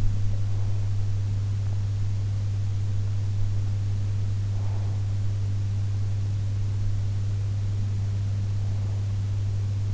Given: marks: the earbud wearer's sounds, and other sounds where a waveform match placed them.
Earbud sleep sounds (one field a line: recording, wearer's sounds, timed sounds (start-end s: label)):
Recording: sounds in sleep by an in-ear microphone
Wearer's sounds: breath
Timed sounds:
0.00-0.92 s: breath
4.33-5.25 s: breath
8.41-8.92 s: breath